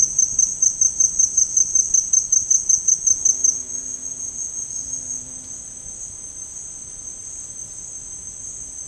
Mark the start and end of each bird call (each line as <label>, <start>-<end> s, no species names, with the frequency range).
bird call (3.6-6.2 kHz), 4.68-5.07 s